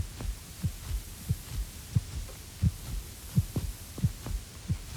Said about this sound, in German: Mein Herzschlag ruhte sich aus.